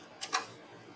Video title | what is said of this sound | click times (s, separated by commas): Hopper Reinstallation Easy-to-follow Tutorial for SaintyCo DM-50X Gummy Depositor & More Models | So we're going to lock into there. | 0.2 s, 0.3 s